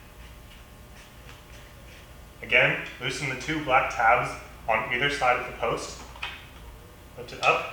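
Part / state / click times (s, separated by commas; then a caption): seat post into mobility scooter base / not seated / none. Someone talks while the two black T handles on either side of the seat post of a Golden Buzzaround CarryOn travel mobility scooter are loosened and the post is lifted up out of the scooter base, with a few soft handling knocks. Nothing has seated or clicked yet.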